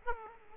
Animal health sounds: mosquito wingbeat signal from an infrared sensor; Aedes aegypti

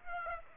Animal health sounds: mosquito wingbeat signal from an infrared sensor; Aedes aegypti

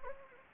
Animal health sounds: mosquito wingbeat signal from an infrared sensor; Anopheles gambiae

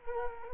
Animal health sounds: mosquito wingbeat signal from an infrared sensor; Culex quinquefasciatus

